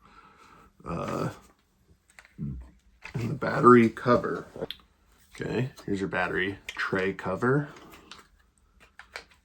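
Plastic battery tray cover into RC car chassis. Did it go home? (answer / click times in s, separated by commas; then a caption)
no / none. Someone talks while handling a plastic battery tray cover for a Tamiya Rising Fighter RC car, picking it up and showing it before fitting it to the chassis. Only soft, brief handling taps are heard between the speech, and the cover has not been fitted or clicked into place yet.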